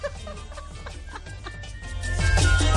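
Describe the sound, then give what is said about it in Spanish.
A voice tries to imitate a rooster, letting out a series of short, strained, descending squawks that build and grow louder toward the end. “No puedo ni hacer el sonido del gallo.”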